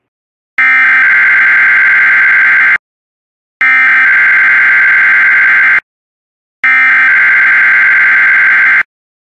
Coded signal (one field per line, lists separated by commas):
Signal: Emergency Alert System (SAME) tones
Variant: header bursts